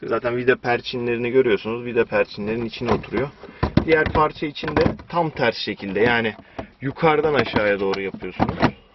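Someone talks throughout while refitting the plastic dashboard trim panel on a Honda Civic HB FK2, whose clips fit into screw rivets and which is pushed into the dash from top to bottom. Nothing has seated or clicked yet.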